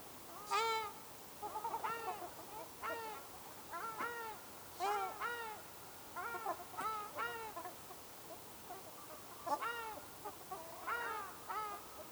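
Ruddy shelduck honks: a long series of short nasal arched calls, often doubled or tripled, repeated throughout with short pauses between bursts.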